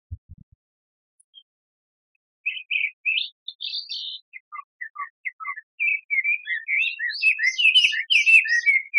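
Bird song: after a brief low thump, a run of sharp high chirps and short warbled notes, growing denser and busier toward the end.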